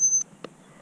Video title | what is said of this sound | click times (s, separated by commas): XK X520 VTOL Plane Flight Test Video | oh until it clicks that does take a little bit of pushing it really does | 0.4 s